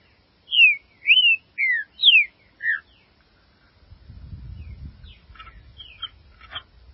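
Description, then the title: Green-winged saltator song: five loud whistled notes in quick sequence, then soft chattering over a low rumbling background. "Trinca Ferro"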